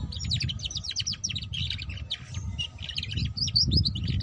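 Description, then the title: Canary song, a fast unbroken stream of high chirps, trills and short sweeping whistles, with a steady low rumble underneath throughout. Belgian canary ngeriwik-style chirping song used to warm up and lure canaries into singing. "Canto Para Esquentar Canário Belga. Suara Kenari Belajar Bunyi Ngeriwik || Cocok Untuk Pancingan Kenari Ngeriwik"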